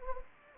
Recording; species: mosquito wingbeat signal from an infrared sensor; Anopheles gambiae